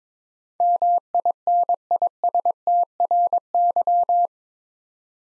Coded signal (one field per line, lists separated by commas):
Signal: Morse code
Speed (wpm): 22 wpm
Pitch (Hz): 700 Hz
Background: none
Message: MINISTRY